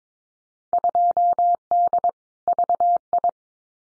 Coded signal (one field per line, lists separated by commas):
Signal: Morse code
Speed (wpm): 22 wpm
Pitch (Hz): 700 Hz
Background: none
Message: 2D VI